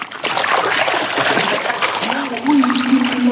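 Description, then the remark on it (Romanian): A thrown net splashes into water, followed by steady sloshing and trickling. A sustained low voice-like tone rises in the second half, over the continuous watery noise. “Rotește-o de 3 ori prin văzduh, apoi arunc-o în apă.”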